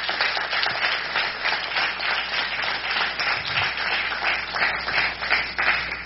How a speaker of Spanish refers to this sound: Mandemos un aplauso a toda la gente, tanto en la página de la Iglesia Pentecostal de Atlanta, como también a los miles que están conectados a nuestra website en este momento. Mandemos un aplauso a ellos también.